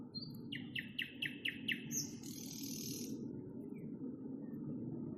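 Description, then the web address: Nightingale song: a quick series of repeated chirping notes followed by a buzzy rattle, then steady low background noise. Nightingale song recorded in May 2021. "spiew-slowika-2021-maj-spiew-slowika"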